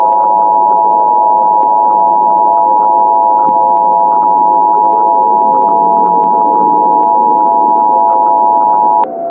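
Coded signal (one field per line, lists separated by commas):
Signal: Emergency Alert System (SAME) tones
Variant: 853 and 960 Hz attention tone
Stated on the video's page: Fictional EAS scenario, a horror recreation made with software, containing valid EAS tones.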